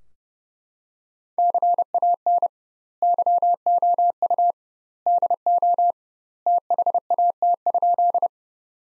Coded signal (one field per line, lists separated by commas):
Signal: Morse code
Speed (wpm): 30 wpm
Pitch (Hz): 700 Hz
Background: none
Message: CAN YOU DO THAT?